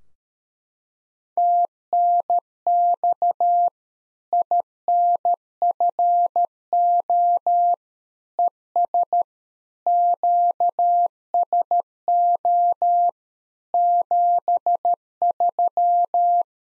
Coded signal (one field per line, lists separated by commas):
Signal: Morse code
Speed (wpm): 13 wpm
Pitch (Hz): 700 Hz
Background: none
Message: TNX INFO ES QSO 73